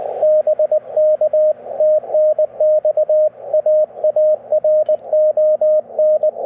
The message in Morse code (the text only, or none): BK TNX AARON